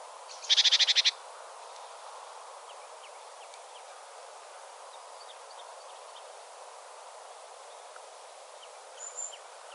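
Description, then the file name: Great tit giving a short burst of rapid buzzy churring pulses near the start, followed by faint scattered ticks and a thin high note near the end. "Parus major"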